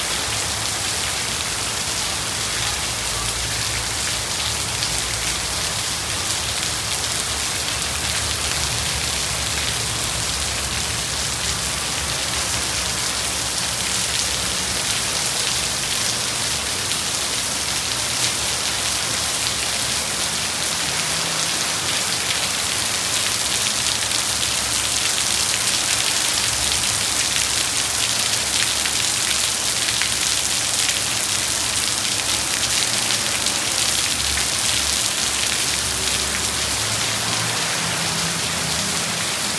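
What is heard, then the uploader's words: Rain falls steadily throughout, a dense, even hiss with countless fine drops pattering on a surface. The sound stays constant in level from start to finish, bright, with a faint low rumble underneath. 1 minute of relaxing listening to the rain.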